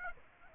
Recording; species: mosquito wingbeat signal from an infrared sensor; Aedes aegypti